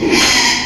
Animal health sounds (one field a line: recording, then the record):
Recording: squeal of a Yucatan mini pig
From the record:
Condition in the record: after surgery on the right vocal fold (resection and tissue-engineered implant)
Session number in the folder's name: 2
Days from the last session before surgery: 13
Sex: male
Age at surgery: 12 weeks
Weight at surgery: 13 kg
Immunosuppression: cyclosporine, prednisolone